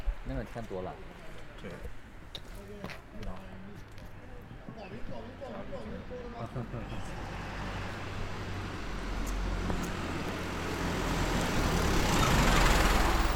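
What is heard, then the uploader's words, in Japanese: On a street in Omihachiman, voices talk at first, then a vehicle approaches with a rising, rushing roar that grows loudest near the end. Omihachiman, Shinmanchi, 新町通り。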